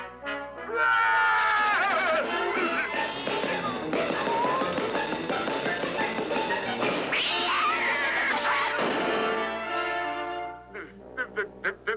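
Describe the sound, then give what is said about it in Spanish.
A cat in a kitchen meows loudly and almost continuously for about ten seconds, its wavering cries rising and falling in pitch, followed by a few short sharp taps at the end. “¿De dónde ha salido ese gato? Nunca antes había habido un gato en esa cocina.”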